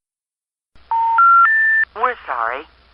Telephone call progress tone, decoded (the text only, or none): special information tone